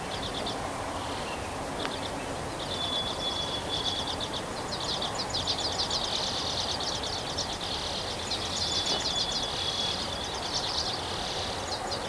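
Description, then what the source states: Bird song: bursts of high, rapid twittering chirps come and go over a steady hiss of background noise, with a thin steady high tone running through parts. 3 May 2023.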